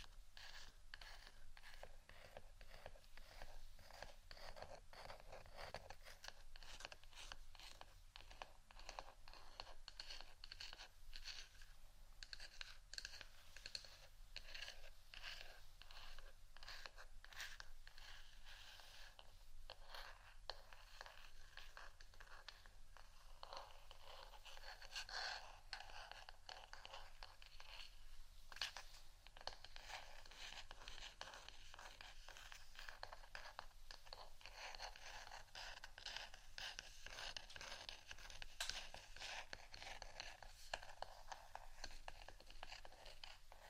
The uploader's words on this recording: ASMR Scratching Only（No Talking）.